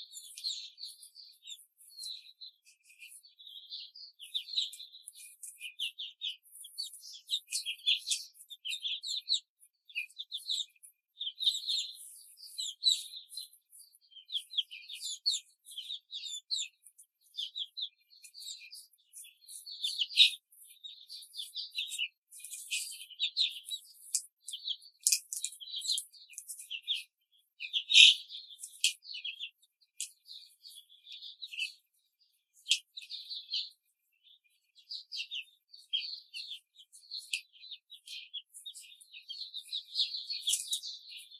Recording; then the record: young laying hens in a cage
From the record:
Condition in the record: control cage, before the stress test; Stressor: none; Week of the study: 4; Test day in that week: 3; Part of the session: 1